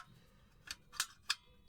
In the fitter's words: and they lock into place